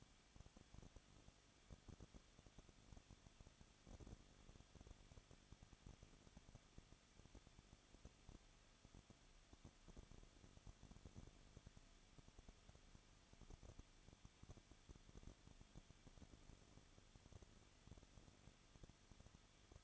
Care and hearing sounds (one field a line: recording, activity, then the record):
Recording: daily activity, microphone in the room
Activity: no activity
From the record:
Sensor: 4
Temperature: 23.0 degrees Celsius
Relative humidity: 34.6%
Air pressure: 1007.3 hPa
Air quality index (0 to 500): 216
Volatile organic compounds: 15 ppm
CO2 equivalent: 2511 ppm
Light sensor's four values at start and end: 2/3/1/1 and 2/3/1/1